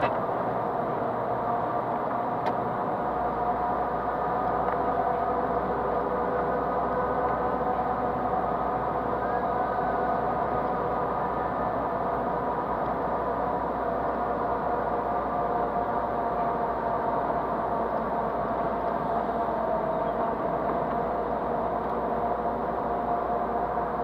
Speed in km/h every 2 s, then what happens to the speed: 51, 51, 54, 54, 54, 54, 54, 52, 51, 51, 49, 51.
0-24 steady at about 51.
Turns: none.